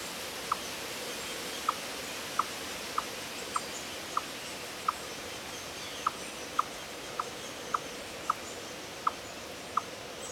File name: Tamias striatus